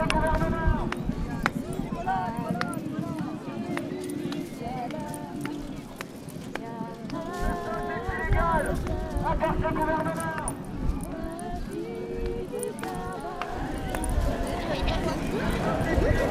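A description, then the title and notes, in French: Sound from within a demonstration: a dense, constant crowd murmur with overlapping voices, some raised and calling out, and scattered sharp knocks throughout. Voici donc un montage très brouillon d'ambiances sonores prise au sein de la manifestation. À Bordeaux.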